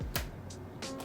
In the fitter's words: Heard that click? That means I've got the lens mounted.